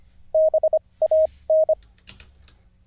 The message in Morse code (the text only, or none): BAN